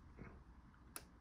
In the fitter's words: just a small little click